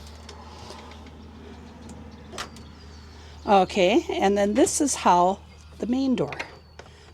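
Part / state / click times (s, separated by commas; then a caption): RV entry door latch engaging with the screen door latch / seated / 6.8 s. A motorhome's main entry door is closed against the newly replaced screen door latch and handle while someone talks. After a few faint knocks, a sharp click at 6.8 seconds shows the latch catching and the door seating.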